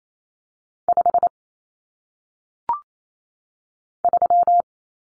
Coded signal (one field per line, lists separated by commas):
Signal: Morse code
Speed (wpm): 28 wpm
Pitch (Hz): 700 Hz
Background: none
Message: 5 3